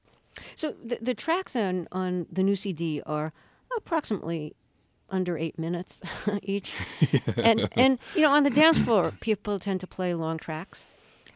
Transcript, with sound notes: So the tracks on the new CD are approximately under eight minutes each.
(LAUGHTER)
Yeah.
And, you know, on the dance floor people tend to play long tracks.